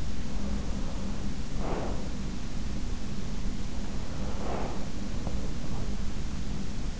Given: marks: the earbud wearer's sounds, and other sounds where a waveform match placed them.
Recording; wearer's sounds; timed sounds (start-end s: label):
sounds in sleep by an in-ear microphone; breath
0.28-2.36 s: breath
3.95-6.25 s: breath